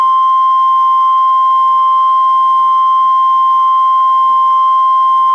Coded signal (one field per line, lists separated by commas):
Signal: Emergency Alert System (SAME) tones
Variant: 1050 Hz attention tone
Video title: REAL EAS 777-Flash flood warning